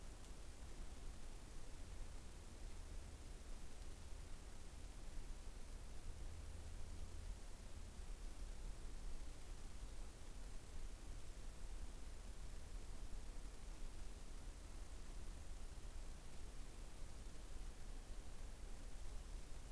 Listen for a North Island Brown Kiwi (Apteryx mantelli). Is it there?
no